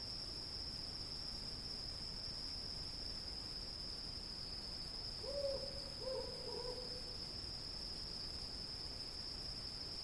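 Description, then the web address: Cricket's unbroken piercing trill runs throughout, with a few low hoots between five and seven seconds. "сверчки"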